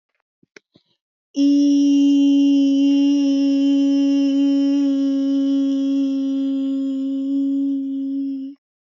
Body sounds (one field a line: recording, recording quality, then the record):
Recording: sustained vowel as in beet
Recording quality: excellent, no background noise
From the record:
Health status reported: respiratory illness, not identified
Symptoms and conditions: asthma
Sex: female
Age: 37 years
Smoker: not ticked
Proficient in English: yes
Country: India